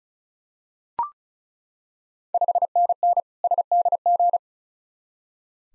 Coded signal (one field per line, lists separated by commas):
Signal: Morse code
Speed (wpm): 36 wpm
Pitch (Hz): 700 Hz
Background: none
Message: 5NN SDG